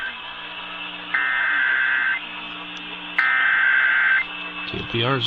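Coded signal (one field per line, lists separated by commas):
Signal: Emergency Alert System (SAME) tones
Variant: header bursts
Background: speech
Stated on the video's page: EAS alerts for severe thunderstorm warnings in southwest to southern Montana.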